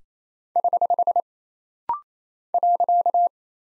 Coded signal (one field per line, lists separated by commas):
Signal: Morse code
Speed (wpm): 27 wpm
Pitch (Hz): 700 Hz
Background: none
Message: <HH> .